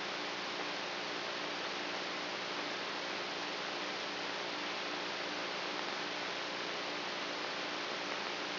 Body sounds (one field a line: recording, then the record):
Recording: brain microelectrode recording played as sound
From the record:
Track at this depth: inside the subthalamic nucleus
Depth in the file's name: 2.005 mm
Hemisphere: right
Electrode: 3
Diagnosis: Parkinson's disease